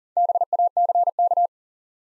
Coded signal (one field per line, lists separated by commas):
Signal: Morse code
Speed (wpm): 42 wpm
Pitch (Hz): 700 Hz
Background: none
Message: BACK